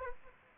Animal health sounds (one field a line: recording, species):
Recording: mosquito wingbeat signal from an infrared sensor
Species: Aedes aegypti